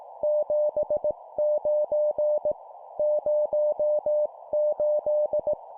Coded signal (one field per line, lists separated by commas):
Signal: Morse code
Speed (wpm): 18 wpm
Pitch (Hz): 600 Hz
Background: none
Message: 79 08